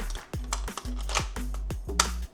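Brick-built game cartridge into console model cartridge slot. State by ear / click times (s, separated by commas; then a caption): seated / 2.0 s. A brick-built LEGO game cartridge is pushed into the cartridge slot of a LEGO Game Boy (72046) console model over background music, with a few softer plastic taps along the way. It clicks home with a sharp, loud click at 2.0 s, seating the cartridge in the slot.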